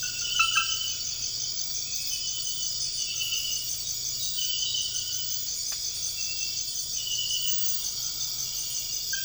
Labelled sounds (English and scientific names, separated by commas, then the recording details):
none
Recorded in dense forest near Puerto Asís, Putumayo, Colombia, on 13 March 2025 at 01:00
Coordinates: 0.484, -76.325
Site G045